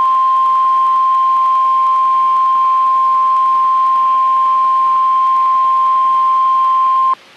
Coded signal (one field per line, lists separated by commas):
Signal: Emergency Alert System (SAME) tones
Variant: 1050 Hz attention tone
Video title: Severe Thunderstorm Warning (EAS #948)